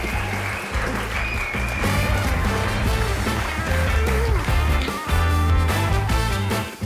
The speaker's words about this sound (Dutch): Ja, ik zit dan een soort van volksmanager. Zit ik heel de tijd die mensen op te juichen om applaus te geven.